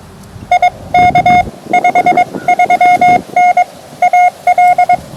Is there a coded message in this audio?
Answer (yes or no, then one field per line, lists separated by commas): yes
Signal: Morse code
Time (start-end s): 0.5-5.0 s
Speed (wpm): 22 wpm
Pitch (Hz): 720 Hz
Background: none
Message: IK 53N AL